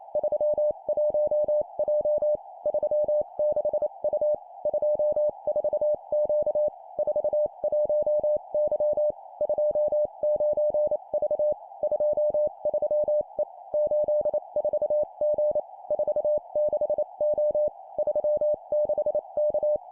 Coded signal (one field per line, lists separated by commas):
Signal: Morse code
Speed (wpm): 28 wpm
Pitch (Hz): 600 Hz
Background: none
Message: 31J 36U 24Q 41Y 29V 23E 84G 46O 36K